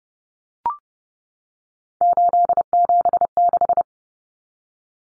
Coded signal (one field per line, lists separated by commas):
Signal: Morse code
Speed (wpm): 30 wpm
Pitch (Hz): 700 Hz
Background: none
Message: 876